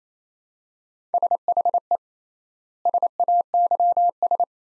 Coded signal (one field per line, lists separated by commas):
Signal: Morse code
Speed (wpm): 28 wpm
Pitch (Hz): 700 Hz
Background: none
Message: SHE SAYS